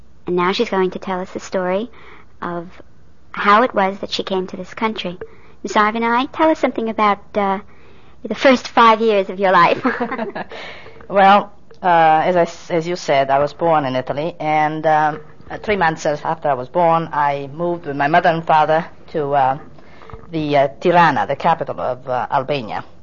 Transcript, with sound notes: And now she is going to tell us the story of how it was that she came to this country. Miss Ivanaj, tell us something about the first five years of your life. (they laugh)
Well, as I, as you said, I was born in Italy, and three months after I was born I moved with my mother and father to the Tirane, the capitol of Albania,